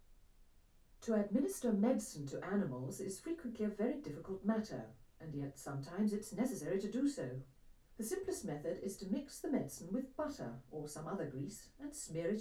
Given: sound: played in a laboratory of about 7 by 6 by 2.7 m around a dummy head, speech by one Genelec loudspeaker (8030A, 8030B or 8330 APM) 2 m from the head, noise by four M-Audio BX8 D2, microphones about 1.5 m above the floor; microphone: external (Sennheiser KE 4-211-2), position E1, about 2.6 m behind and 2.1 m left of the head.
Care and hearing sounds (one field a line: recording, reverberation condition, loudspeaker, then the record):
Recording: female speech in English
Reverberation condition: low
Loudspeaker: 120 degrees to the right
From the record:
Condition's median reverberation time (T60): about 310 ms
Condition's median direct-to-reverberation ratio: about 3.5 dB